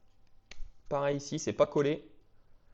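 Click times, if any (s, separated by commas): none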